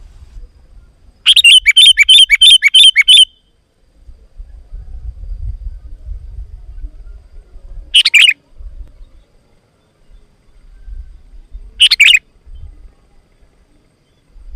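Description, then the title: Sooty-headed bulbul with a quick run of bright chirping notes, then two separate short phrases, over low rumbling noise. "kutilang"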